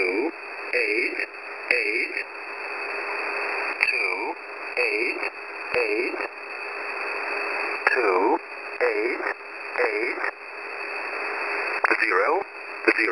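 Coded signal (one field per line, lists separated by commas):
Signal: numbers station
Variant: E07 English Man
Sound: male voice reading short, evenly spaced words through steady shortwave hiss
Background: radio static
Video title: E07 English Man 12/08/2023 1410/1430 UTC 13519/14819kHz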